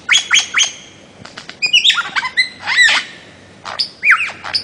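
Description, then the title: Bird-of-paradise song: three quick rising-falling whistles, a pause, then varied clear whistled notes and sharp chips, ending in a bright down-slurred whistle. Master song used for training songbirds. "Kicau Master Cendrawasih"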